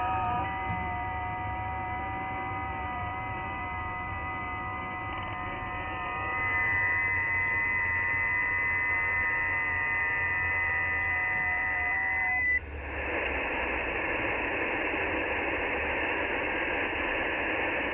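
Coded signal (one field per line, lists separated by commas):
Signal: FT8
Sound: several faint steady warbling tones under hiss for about 12 seconds, then plain hiss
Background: radio static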